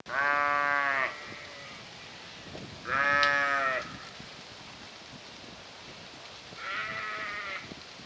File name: Sheep